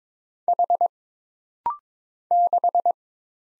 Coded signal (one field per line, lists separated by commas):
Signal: Morse code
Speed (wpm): 22 wpm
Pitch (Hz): 700 Hz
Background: none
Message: H 6